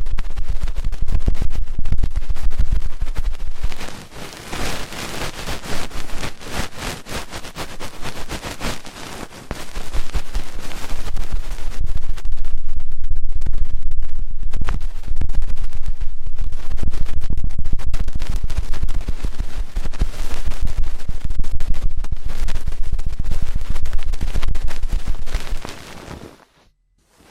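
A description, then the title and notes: Fast ear cleaning fills the recording with dense, rapid scratching and crackling right at the microphone, bright and harsh, with a low rumble underneath. The rubbing eases briefly around four and ten seconds, grows loudest in the second half, then cuts off abruptly near the end. ASMR Fast & Intense Ear Cleaning 3Dio (No Talking).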